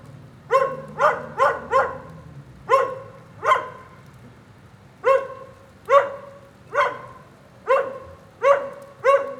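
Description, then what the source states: Dog barking steadily, a quick run of four barks then evenly spaced single barks, around twelve in all. Lone dog in the rain during a thunderstorm at 9a. Avenida 414, Quezaltenango, Guatemala; storm ambience.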